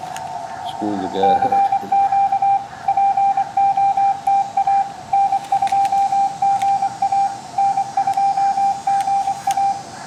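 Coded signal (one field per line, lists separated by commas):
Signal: Morse code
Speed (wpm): 21 wpm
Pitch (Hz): 790 Hz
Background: speech, radio noise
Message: CQ POTA N2GA N2GA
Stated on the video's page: Live QRP Morse at about 17 WPM in a park, sent on a Xiegu X6100 at 5 watts into a home-made antenna.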